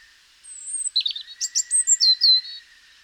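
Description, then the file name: European robin song: one bright phrase of high, sliding whistles and quick tinkling notes, ending in a longer, clear descending whistle, over a steady faint hiss. "Erithacus rubecula"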